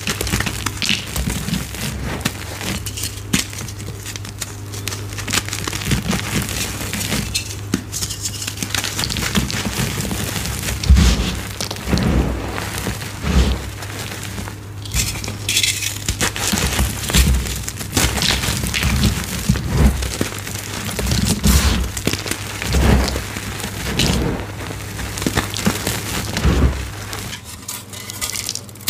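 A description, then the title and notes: Crunching and crumbling of chalk blocks and cornstarch, a dense run of gritty, crackly textures with frequent sharp crunches and short pauses between handfuls. A steady low hum sits underneath throughout, and the sound grows quieter and softer in the last couple of seconds. Gritty Chalk Textures Overload! Reformed Gym Chalk ASMR compilation with gritty textures, cornstarch crunchies, and chalk blocks.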